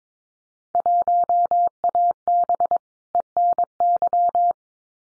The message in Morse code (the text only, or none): 1AB ENY